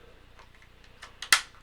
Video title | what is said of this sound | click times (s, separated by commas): PEW PEW NATION LIVE (EPISODE 49) | snap them in, and I now have a Glock 19 holster. | 1.2 s, 1.3 s